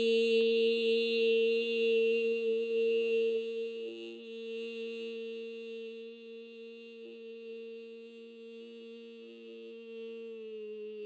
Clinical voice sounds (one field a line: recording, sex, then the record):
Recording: sustained vowel /i/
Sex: female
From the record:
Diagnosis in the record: healthy control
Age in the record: 61 years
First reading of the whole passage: 67 s, 7.7 characters per second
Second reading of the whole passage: 54 s, 9.6 characters per second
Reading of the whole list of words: 44 s, 6.4 characters per second